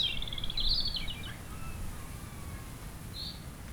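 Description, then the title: European robin song, a rapid trilled run of high, sliding notes, then a single brief high note, with soft wind in the background. Singing nearby in sunshine on a sloping lawn at Châtillon beach, Chindrieux, France, sheltered from the north wind, with wind murmuring in the trees. "Chem. des Rubellines, Chindrieux, France - rouge gorge"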